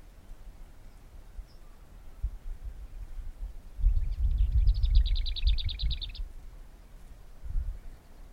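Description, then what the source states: Lesser whitethroat song: a single fast rattling burst of repeated dry notes, about two seconds long, over low rumbling noise. One of the last warblers to arrive in spring, singing from patches of scrub; two bursts of the song described as dabadabadoo.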